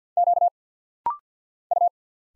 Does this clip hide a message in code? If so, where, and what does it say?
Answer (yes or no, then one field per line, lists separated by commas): yes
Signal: Morse code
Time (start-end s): 0.2-1.9 s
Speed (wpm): 50 wpm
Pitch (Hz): 700 Hz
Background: none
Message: Q U